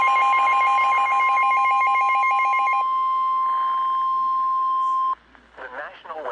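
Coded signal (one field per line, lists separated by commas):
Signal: Emergency Alert System (SAME) tones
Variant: 1050 Hz attention tone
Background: speech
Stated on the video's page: Flash Flood Warning, particularly dangerous situation, from NWS New York NY (Upton) for parts of southern Connecticut.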